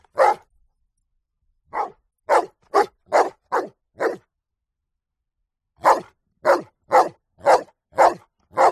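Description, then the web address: Dog barking hoarsely: one bark, a pause, then a run of several quick barks, a longer silence, and another rapid series. Bullmastiff cross; continuous barking. "quanfurisshihakkutofurumasutifunokurosu zhangi feie shengno lian xu"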